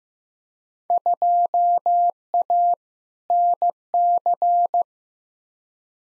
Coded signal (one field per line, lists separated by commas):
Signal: Morse code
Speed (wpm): 16 wpm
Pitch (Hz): 700 Hz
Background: none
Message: 2A NC